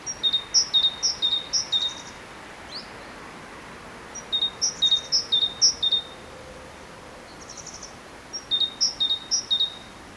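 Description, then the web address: Great tit song, high two-note phrases repeated about twice a second in three bursts separated by short pauses, against faint background hiss. "SETE data Parus major"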